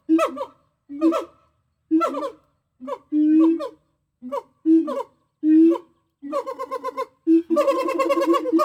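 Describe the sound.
Gibbon calls: a series of short harmonic hoots about once a second, building toward the end into a longer, quavering run of notes.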